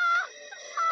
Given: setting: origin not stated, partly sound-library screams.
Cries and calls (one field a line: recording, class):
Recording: one-second piece from a danger detection set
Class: woman in danger